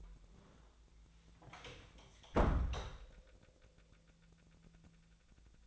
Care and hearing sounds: daily activity, microphone in the room; close door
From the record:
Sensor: 3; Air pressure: 1000.4 hPa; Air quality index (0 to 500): 173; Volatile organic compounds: 3 ppm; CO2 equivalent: 1507 ppm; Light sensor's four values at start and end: 13/31/13/13 and 13/31/13/13

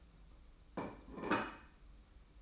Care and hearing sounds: daily activity, microphone in the room; place plate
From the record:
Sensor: 1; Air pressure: 991.8 hPa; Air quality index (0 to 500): 165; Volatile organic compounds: 1000 ppm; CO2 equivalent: 6200 ppm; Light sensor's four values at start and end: 29/99/38/39 and 28/97/38/38

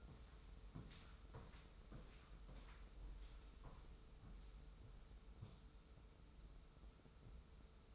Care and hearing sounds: daily activity, microphone in the room; walk to room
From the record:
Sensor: 1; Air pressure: 994.4 hPa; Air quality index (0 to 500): 220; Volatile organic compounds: 1000 ppm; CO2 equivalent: 7858 ppm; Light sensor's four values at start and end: 65/145/64/67 and 65/145/64/67

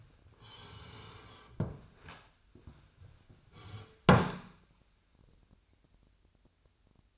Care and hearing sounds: daily activity, microphone in the room; sit down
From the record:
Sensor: 2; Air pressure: 1007.7 hPa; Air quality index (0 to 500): 179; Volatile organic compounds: 9 ppm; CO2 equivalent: 2196 ppm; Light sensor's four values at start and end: 9/23/9/10 and 9/23/9/10

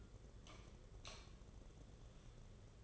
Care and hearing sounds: daily activity, microphone in the room; light off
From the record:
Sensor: 4

